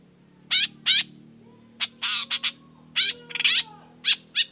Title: Cendet Gacor Dor Di Kala Pagi Toet Toet Variasi Suara. Cendet Gacor Efektif Pancingan Buat Cendet Jenis Apapun Agar Cepat Nyaut Buka Paruh